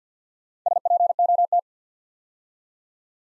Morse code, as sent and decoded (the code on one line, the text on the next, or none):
... .--. --- -
SPOT